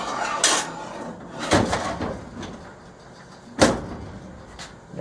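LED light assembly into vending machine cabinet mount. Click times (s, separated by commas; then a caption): 3.6 s. An LED plug-and-play light assembly, its wiring dressed neatly, is lifted up into its mounting position in the cabinet of a Crane National Vendors Merchant Classic vending machine. After some rustling and handling knocks, including a loud one near 0.4 s, a short sharp click at 3.6 s marks the assembly snapping into place. The light is seated.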